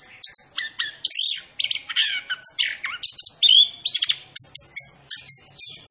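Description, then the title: Orange-headed thrush singing a rapid, rich medley of sharp high chirps, looping whistles and brief trills, with phrases following one another almost continuously. Indonesian name anis kembang; described as gacor, meaning actively singing; bird referred to as Macan B2. "Anis Kembang Gacor. Suara Anis Kembang Macan B2"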